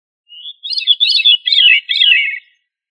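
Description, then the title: Thrush singing one rich, rapid warbled phrase lasting about two seconds, starting with a thin note. "Familia Turdidae - Sabia"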